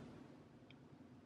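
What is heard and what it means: An M-key M.2 adapter card is pushed all the way into its motherboard socket over a steady low background hum. A single short, sharp click at 0.7 s marks the card seating fully in the socket.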